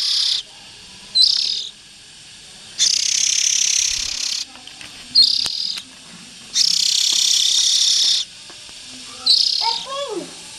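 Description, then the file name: Oriental magpie-robin giving repeated rasping, hissing bursts, some brief and some lasting over a second, separated by short pauses. Young birds. "Tieng chim chich choe than non"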